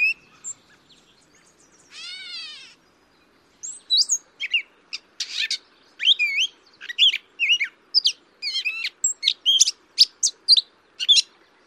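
Grey catbird giving a harsh mew, then a rapid jumbled series of squeaky, scratchy phrases at varied pitches, tumbling along in quick bursts.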